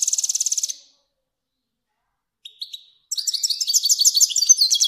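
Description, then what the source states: Finch song: quick buzzy trill, a pause with two short thin notes, then a lively, high, chirping warble. Finch described as kermani.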